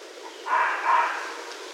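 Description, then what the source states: Red fox barking: a rough, hoarse double call that fades into quiet hiss. Recorded on 16 January 2012.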